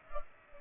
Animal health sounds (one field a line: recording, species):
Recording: mosquito wingbeat signal from an infrared sensor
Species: Culex pipiens